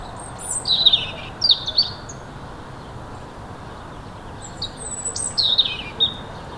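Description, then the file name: European robin song of short, very high trilling and sliding whistled notes in two separate bursts, set against constant soft background noise. "Erithacus rubecula"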